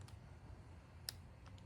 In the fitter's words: Click. Makes a click. See?